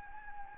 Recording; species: mosquito wingbeat signal from an infrared sensor; Anopheles gambiae